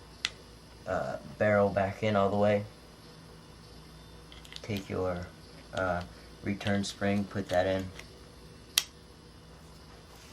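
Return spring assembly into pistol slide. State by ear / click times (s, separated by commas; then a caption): seated / 8.8 s. During reassembly of an airsoft gas blowback Glock-style pistol, someone talks while putting the barrel back in and placing the return spring and guide rod into the slide. A sharp snap at 8.8 seconds marks the recoil spring assembly seating into place in the slide.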